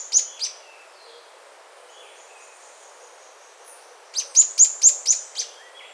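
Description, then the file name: Bird calls: short, very high chirps in a brief pair at the start, then a rapid run of about six sharp notes near the end, over faint background hiss. "SABIOD 50 bird 2015"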